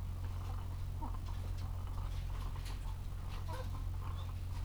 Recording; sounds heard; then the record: poultry house recording; sick chickens (respiratory disease)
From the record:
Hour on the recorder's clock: 14